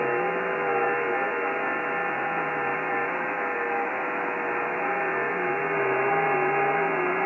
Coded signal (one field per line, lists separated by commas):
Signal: FT8